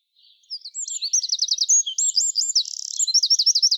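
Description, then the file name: Eurasian wren song, a loud, high, rapid outpouring of sharp notes and fast rattling trills, several quick phrases running together without a pause. "Troglodytes troglodytes"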